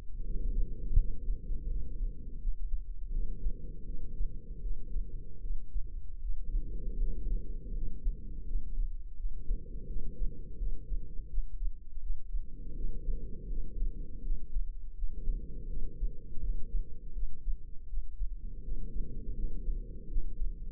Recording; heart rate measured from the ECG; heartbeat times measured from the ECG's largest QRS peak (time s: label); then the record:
heart sounds by microphone in the left ear; 82 bpm
0.21 s: heartbeat
0.94 s: heartbeat
1.66 s: heartbeat
2.37 s: heartbeat
3.09 s: heartbeat
3.83 s: heartbeat
4.58 s: heartbeat
5.38 s: heartbeat
6.18 s: heartbeat
6.96 s: heartbeat
7.71 s: heartbeat
8.44 s: heartbeat
9.15 s: heartbeat
9.84 s: heartbeat
10.55 s: heartbeat
11.25 s: heartbeat
11.98 s: heartbeat
12.72 s: heartbeat
13.46 s: heartbeat
14.21 s: heartbeat
14.93 s: heartbeat
15.65 s: heartbeat
16.37 s: heartbeat
17.11 s: heartbeat
17.85 s: heartbeat
18.60 s: heartbeat
19.33 s: heartbeat
20.06 s: heartbeat
From the record:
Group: healthy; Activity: cold pressor test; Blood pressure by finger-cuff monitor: 127/96 mmHg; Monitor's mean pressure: 107 mmHg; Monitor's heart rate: 81 bpm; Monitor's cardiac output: 5.8 L/min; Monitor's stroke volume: 71 mL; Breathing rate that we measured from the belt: 10 breaths a minute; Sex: female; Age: 32 years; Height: 172 cm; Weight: 71.7 kg